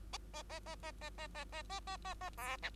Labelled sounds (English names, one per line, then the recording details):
Bengalese Finch song
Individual Bird2